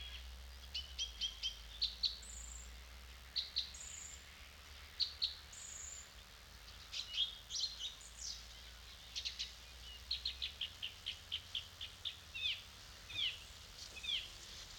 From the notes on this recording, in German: Eine Kunstkopfaufnahme eines Abends in der Lehmgrube.